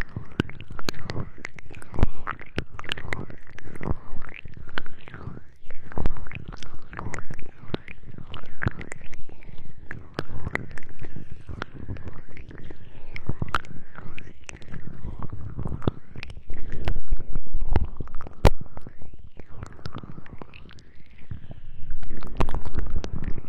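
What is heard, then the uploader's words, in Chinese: Homemade aloe gel is worked into the ears in a steady run of wet squelching and sticky clicks, packed densely across the whole clip. Low squishy gurgles sit under sharper pops and crackles that come every fraction of a second without pause. 自制芦荟胶，按摩你的耳朵。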